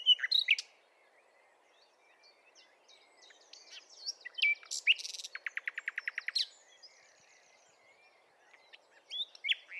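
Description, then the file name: Common nightingale song: scattered sharp notes, then a fast, rattling run of repeated notes, with softer chirps around it. "Luscinia megarhynchos"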